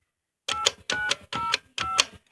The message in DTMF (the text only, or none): 8905